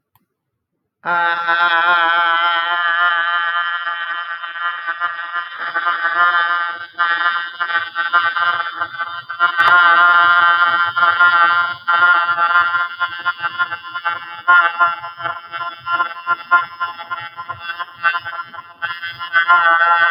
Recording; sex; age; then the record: vowel held as long as possible; female; 50 to 59 years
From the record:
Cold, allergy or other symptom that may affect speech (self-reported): no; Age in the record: 54 years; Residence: United States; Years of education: 14